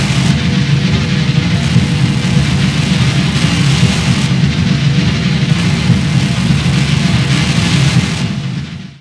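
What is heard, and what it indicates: Simulated tinnitus: a continuous, steady roaring noise concentrated in the low frequencies, with a fainter broadband hiss above, fading out at the very end.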